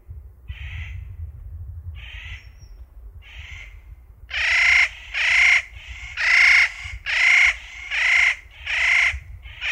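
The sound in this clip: Spotted nutcracker giving harsh, rasping grating calls, a few faint ones at first, then a loud series of calls roughly one every second, with low rumbling background noise.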